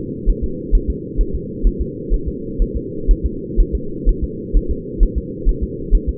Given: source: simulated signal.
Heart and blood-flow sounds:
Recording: fetal heart sounds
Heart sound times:
0.30 s: S1
0.44 s: S2
0.75 s: S1
0.90 s: S2
1.21 s: S1
1.35 s: S2
1.67 s: S1
1.81 s: S2
2.14 s: S1
2.28 s: S2
2.62 s: S1
2.77 s: S2
3.11 s: S1
3.26 s: S2
3.60 s: S1
3.75 s: S2
4.09 s: S1
4.24 s: S2
4.57 s: S1
4.71 s: S2
5.03 s: S1
5.18 s: S2
5.49 s: S1
5.63 s: S2
5.95 s: S1
6.09 s: S2
From the record:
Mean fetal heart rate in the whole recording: 130 bpm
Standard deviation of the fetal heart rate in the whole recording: 4 bpm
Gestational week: 38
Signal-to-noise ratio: -4.3 dB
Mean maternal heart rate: 72 bpm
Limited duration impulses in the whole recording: present

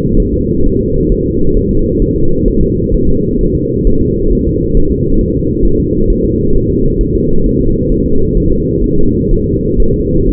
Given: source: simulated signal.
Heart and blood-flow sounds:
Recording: fetal heart sounds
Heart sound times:
0.20 s: S1
0.34 s: S2
0.66 s: S1
0.81 s: S2
1.12 s: S1
1.26 s: S2
1.57 s: S1
1.71 s: S2
2.02 s: S1
2.16 s: S2
2.48 s: S1
2.62 s: S2
2.94 s: S1
3.09 s: S2
3.41 s: S1
3.55 s: S2
3.87 s: S1
4.01 s: S2
4.32 s: S1
4.47 s: S2
4.77 s: S1
4.91 s: S2
5.21 s: S1
5.35 s: S2
5.65 s: S1
5.80 s: S2
6.10 s: S1
6.24 s: S2
6.55 s: S1
6.70 s: S2
7.01 s: S1
7.15 s: S2
7.46 s: S1
7.61 s: S2
7.92 s: S1
8.06 s: S2
8.37 s: S1
8.52 s: S2
8.84 s: S1
8.98 s: S2
9.31 s: S1
9.46 s: S2
9.80 s: S1
9.94 s: S2
10.29 s: S1
From the record:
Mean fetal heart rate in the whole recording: 130 bpm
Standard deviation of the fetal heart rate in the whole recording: 4 bpm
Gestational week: 38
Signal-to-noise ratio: -17.7 dB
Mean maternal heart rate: 72 bpm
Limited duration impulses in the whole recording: present

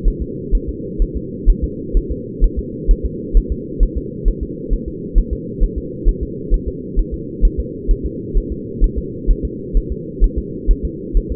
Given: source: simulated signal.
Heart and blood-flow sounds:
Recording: fetal heart sounds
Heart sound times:
0.08 s: S1
0.22 s: S2
0.55 s: S1
0.69 s: S2
1.02 s: S1
1.16 s: S2
1.49 s: S1
1.64 s: S2
1.97 s: S1
2.11 s: S2
2.44 s: S1
2.59 s: S2
2.91 s: S1
3.05 s: S2
3.37 s: S1
3.52 s: S2
3.83 s: S1
3.97 s: S2
4.28 s: S1
4.43 s: S2
4.73 s: S1
4.88 s: S2
5.18 s: S1
5.33 s: S2
5.63 s: S1
5.78 s: S2
6.09 s: S1
6.23 s: S2
6.54 s: S1
6.68 s: S2
6.99 s: S1
7.14 s: S2
7.45 s: S1
7.59 s: S2
7.91 s: S1
8.06 s: S2
8.37 s: S1
8.52 s: S2
8.84 s: S1
8.98 s: S2
9.31 s: S1
9.45 s: S2
9.77 s: S1
9.92 s: S2
10.24 s: S1
10.38 s: S2
10.71 s: S1
10.85 s: S2
11.17 s: S1
11.32 s: S2
From the record:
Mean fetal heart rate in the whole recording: 130 bpm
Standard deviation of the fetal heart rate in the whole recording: 2 bpm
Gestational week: 38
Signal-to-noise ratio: -4.1 dB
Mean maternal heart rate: no maternal heart sound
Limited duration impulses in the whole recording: absent

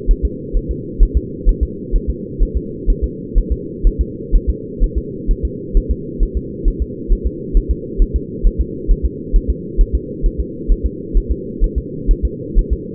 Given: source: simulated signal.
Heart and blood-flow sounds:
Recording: fetal heart sounds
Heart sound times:
0.11 s: S1
0.25 s: S2
0.57 s: S1
0.71 s: S2
1.03 s: S1
1.17 s: S2
1.49 s: S1
1.63 s: S2
1.95 s: S1
2.10 s: S2
2.42 s: S1
2.57 s: S2
2.90 s: S1
3.04 s: S2
3.38 s: S1
3.52 s: S2
3.87 s: S1
4.01 s: S2
4.35 s: S1
4.49 s: S2
4.84 s: S1
4.98 s: S2
5.31 s: S1
5.45 s: S2
5.77 s: S1
5.91 s: S2
6.23 s: S1
6.37 s: S2
6.68 s: S1
6.82 s: S2
7.12 s: S1
7.27 s: S2
7.57 s: S1
7.71 s: S2
8.02 s: S1
8.16 s: S2
8.46 s: S1
8.61 s: S2
8.91 s: S1
9.05 s: S2
9.36 s: S1
9.50 s: S2
9.81 s: S1
9.95 s: S2
10.26 s: S1
10.40 s: S2
10.72 s: S1
10.86 s: S2
11.17 s: S1
11.31 s: S2
11.64 s: S1
11.78 s: S2
12.11 s: S1
12.25 s: S2
12.58 s: S1
12.73 s: S2
From the record:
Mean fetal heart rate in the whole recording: 130 bpm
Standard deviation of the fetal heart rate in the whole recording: 4 bpm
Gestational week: 38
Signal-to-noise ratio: -4.1 dB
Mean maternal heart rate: no maternal heart sound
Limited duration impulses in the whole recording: absent

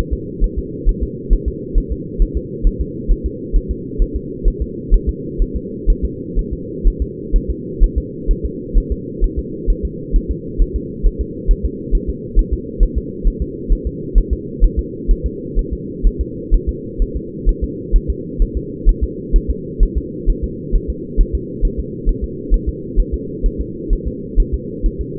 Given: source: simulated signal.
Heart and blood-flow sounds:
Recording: fetal heart sounds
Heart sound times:
0.13 s: S2
0.44 s: S1
0.59 s: S2
0.89 s: S1
1.03 s: S2
1.33 s: S1
1.48 s: S2
1.78 s: S1
1.92 s: S2
2.22 s: S1
2.37 s: S2
2.67 s: S1
2.81 s: S2
3.11 s: S1
3.26 s: S2
3.56 s: S1
3.71 s: S2
4.02 s: S1
4.16 s: S2
4.48 s: S1
4.62 s: S2
4.94 s: S1
5.09 s: S2
5.42 s: S1
5.56 s: S2
5.90 s: S1
6.05 s: S2
6.39 s: S1
6.53 s: S2
6.87 s: S1
7.02 s: S2
7.36 s: S1
7.50 s: S2
7.84 s: S1
7.98 s: S2
8.31 s: S1
8.45 s: S2
8.78 s: S1
8.92 s: S2
9.24 s: S1
9.39 s: S2
9.70 s: S1
9.85 s: S2
10.16 s: S1
10.31 s: S2
10.62 s: S1
10.76 s: S2
11.06 s: S1
11.21 s: S2
11.51 s: S1
11.66 s: S2
11.95 s: S1
12.10 s: S2
12.39 s: S1
12.54 s: S2
12.83 s: S1
12.98 s: S2
13.28 s: S1
13.42 s: S2
13.73 s: S1
13.87 s: S2
14.18 s: S1
14.33 s: S2
14.64 s: S1
14.79 s: S2
15.11 s: S1
15.26 s: S2
15.59 s: S1
15.73 s: S2
16.06 s: S1
16.21 s: S2
16.54 s: S1
16.69 s: S2
17.02 s: S1
17.17 s: S2
17.49 s: S1
17.64 s: S2
17.96 s: S1
18.10 s: S2
18.42 s: S1
18.57 s: S2
18.89 s: S1
19.04 s: S2
19.36 s: S1
19.50 s: S2
19.83 s: S1
19.98 s: S2
20.30 s: S1
20.44 s: S2
20.75 s: S1
20.90 s: S2
21.20 s: S1
21.35 s: S2
21.65 s: S1
21.80 s: S2
22.09 s: S1
22.24 s: S2
22.54 s: S1
22.69 s: S2
23.00 s: S1
23.14 s: S2
23.46 s: S1
23.61 s: S2
23.93 s: S1
24.07 s: S2
24.40 s: S1
24.54 s: S2
24.86 s: S1
25.01 s: S2
From the record:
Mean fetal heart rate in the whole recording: 130 bpm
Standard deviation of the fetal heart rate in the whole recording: 4 bpm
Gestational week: 38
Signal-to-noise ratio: -4.1 dB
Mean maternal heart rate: no maternal heart sound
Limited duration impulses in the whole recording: absent

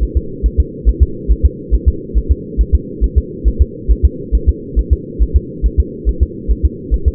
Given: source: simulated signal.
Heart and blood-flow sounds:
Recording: fetal heart sounds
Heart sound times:
0.03 s: S1
0.17 s: S2
0.46 s: S1
0.60 s: S2
0.89 s: S1
1.03 s: S2
1.31 s: S1
1.45 s: S2
1.75 s: S1
1.88 s: S2
2.17 s: S1
2.31 s: S2
2.61 s: S1
2.75 s: S2
3.04 s: S1
3.18 s: S2
3.48 s: S1
3.62 s: S2
3.91 s: S1
4.05 s: S2
4.35 s: S1
4.49 s: S2
4.79 s: S1
4.93 s: S2
5.22 s: S1
5.36 s: S2
5.66 s: S1
5.80 s: S2
6.09 s: S1
6.23 s: S2
6.51 s: S1
6.65 s: S2
6.94 s: S1
7.08 s: S2
From the record:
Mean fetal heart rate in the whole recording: 140 bpm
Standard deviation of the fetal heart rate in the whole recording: 2 bpm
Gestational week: 34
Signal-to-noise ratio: -4.3 dB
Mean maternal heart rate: 72 bpm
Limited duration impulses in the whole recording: absent

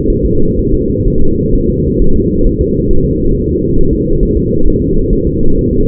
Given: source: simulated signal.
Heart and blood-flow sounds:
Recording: fetal heart sounds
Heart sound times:
0.10 s: S1
0.25 s: S2
0.59 s: S1
0.74 s: S2
1.08 s: S1
1.22 s: S2
1.55 s: S1
1.70 s: S2
2.02 s: S1
2.16 s: S2
2.47 s: S1
2.61 s: S2
2.91 s: S1
3.05 s: S2
3.35 s: S1
3.49 s: S2
3.79 s: S1
3.93 s: S2
4.23 s: S1
4.37 s: S2
4.68 s: S1
4.82 s: S2
5.13 s: S1
5.27 s: S2
5.58 s: S1
5.73 s: S2
From the record:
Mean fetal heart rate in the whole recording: 130 bpm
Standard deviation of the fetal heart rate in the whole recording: 4 bpm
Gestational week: 38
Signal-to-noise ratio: -19.1 dB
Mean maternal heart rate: 72 bpm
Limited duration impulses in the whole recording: present

